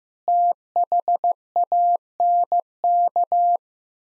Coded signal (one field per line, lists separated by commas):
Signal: Morse code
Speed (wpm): 15 wpm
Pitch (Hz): 700 Hz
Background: none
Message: THANK